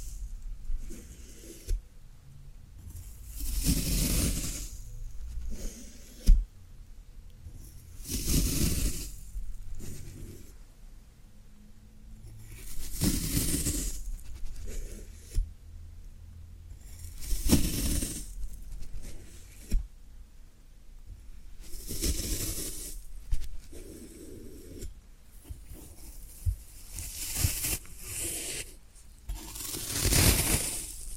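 Floral foam being worked by hand, in repeated bursts of dry, hissing crunch roughly every three to five seconds, each swelling and fading over a second or two. Quiet gaps separate them, with a sharp click near six seconds and a faint low rumble underneath.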